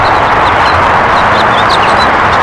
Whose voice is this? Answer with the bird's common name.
House Finch